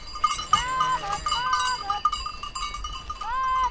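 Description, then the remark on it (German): Sheep bleat in wavering, mid-pitched calls while cowbells clank and jingle steadily underneath, a busy pastoral mix of animal voices and metallic ringing, as the sheep walk slowly behind the cows, grazing on an alpine pasture in the Swiss Alps. “Die Schafe gehen langsam hinter den Kühen her und grasen nach.”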